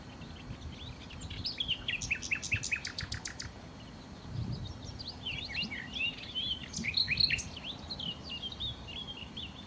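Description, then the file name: Common nightingale song: phrases of rapid repeated notes and varied chirps. "Nachtigall"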